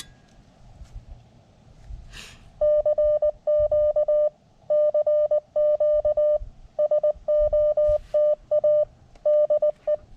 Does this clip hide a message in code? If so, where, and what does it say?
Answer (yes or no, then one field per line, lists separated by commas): yes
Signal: Morse code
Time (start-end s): 2.6-9.9 s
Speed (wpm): 19 wpm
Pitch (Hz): 600 Hz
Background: none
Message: CQ CQ SOTA DE